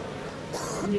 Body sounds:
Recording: coughing mixed with background sound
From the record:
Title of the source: 31 night wet cough

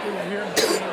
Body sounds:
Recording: coughing mixed with background sound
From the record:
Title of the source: 55 gaggy wet cough

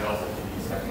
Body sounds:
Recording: background sound without coughing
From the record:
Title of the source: 40 min - Ambience sounds UNIVERSITY lunchroom chatting

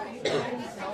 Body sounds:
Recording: coughing mixed with background sound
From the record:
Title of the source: female coughing - coughing sound effects girl

